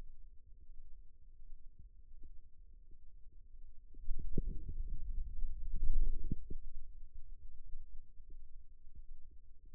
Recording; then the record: forearm muscle sounds (acoustic myography)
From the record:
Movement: wrist flexion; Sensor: system 2, bracelet of six BSWA MPA416 microphones around the upper forearm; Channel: 1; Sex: male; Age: 22 years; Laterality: right